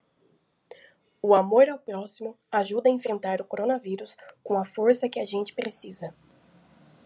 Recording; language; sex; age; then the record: spoken sentence; Brazilian Portuguese; female; 18 to 19 years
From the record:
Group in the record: control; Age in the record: 19 years